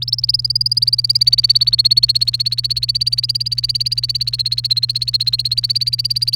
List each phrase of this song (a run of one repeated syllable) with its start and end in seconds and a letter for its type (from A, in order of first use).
0.02-6.36 A